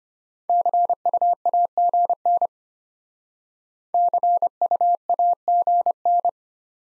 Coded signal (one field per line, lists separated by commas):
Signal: Morse code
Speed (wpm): 32 wpm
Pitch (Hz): 700 Hz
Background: none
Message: CUAGN CUAGN